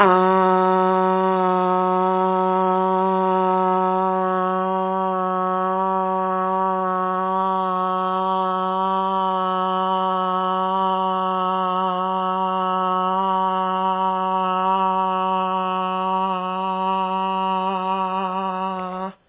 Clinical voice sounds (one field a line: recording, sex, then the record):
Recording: sustained vowel /a/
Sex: female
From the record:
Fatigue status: fatigue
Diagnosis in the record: COVID-19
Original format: 3gp